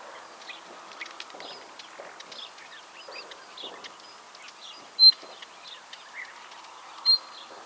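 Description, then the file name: Common nightingale calling twice, two loud thin whistles about two seconds apart late, amid a dense background of twittering and clicking birds. "Luscinia megarhynchos"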